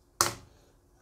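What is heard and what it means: The final plastic push pin of a CPU cooler is pressed into the motherboard mounting hole and snaps in with one loud, sharp click at 0.2 seconds, followed by a short decaying ring. The pin is seated and the cooler is now on.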